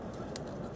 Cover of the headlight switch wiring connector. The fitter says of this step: when I hear it click, and